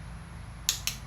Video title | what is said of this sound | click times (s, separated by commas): 2019 Acura RDX spark plugs | The satisfying click of a torque wrench. I love it. | 0.7 s, 0.9 s